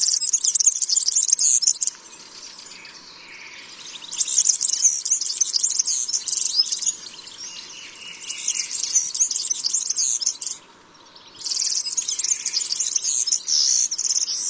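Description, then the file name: European serin song, a very high, fast, jingling and buzzy twitter given in long bursts, with a quieter stretch from about two to four seconds and a brief pause near eleven seconds. "Verzellino"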